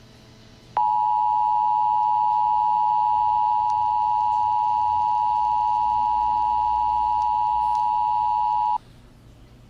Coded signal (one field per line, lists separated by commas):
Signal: Emergency Alert System (SAME) tones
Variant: 853 and 960 Hz attention tone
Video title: A sneak peek into my next EAS video.